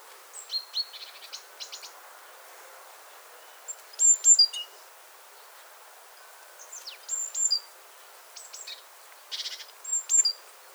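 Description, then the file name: Great tit calls, high bright chirps in short clusters over soft background noise. "Parus major"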